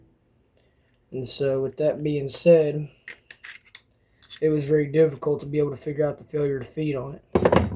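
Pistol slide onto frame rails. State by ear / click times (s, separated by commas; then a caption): seated / 7.5 s, 7.6 s. Someone talks while working the metal slide of a subcompact pistol back onto the frame rails, with a few faint taps around 3.3 to 4.2 seconds. Two sharp metallic clicks at 7.5 and 7.6 seconds mark the slide clicking into place, seated back on the rails.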